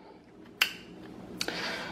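A SATA data cable connector is pushed onto the L-keyed SATA port of a WD Blue 500GB 2.5 inch SSD, and the small metal bracket on the cable gives a sharp, bright click at 0.6 s as it locks the connector in place. A quieter tick and a short rustling handling noise follow around 1.4–1.5 s. The connector is seated.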